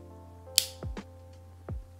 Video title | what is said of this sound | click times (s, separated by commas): Milspin Slide Cover Plate Installation | and once we press it all the way we should hear a loud click | 0.6 s